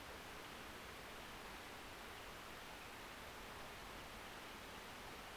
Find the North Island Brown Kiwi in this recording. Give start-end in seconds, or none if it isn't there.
none